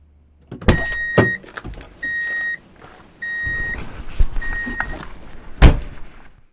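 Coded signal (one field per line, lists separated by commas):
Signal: alarm pattern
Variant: car reversing alert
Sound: four evenly spaced steady high beeps amid car door clunks and mechanical knocks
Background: car door and mechanical noise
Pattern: 4 long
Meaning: The vehicle is in reverse gear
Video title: [Free sound effect] Transportation | Drive in Reverse Beep Alert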